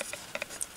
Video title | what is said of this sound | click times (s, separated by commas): Review of CEYOMUR CY65 wildlife camera with Bluetooth | so we'll pop that back in clicks | 0.6 s